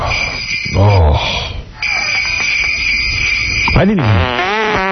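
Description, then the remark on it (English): Two buzzy, wobbling fart sound effects, one early and one near the end, rise and fall in pitch over a steady, shrill electronic tone that sounds like an alarm. “Farts, barfs, and belches.”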